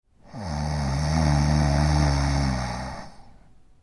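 A single long, low, rumbling snore from an adult man, lasting about three seconds.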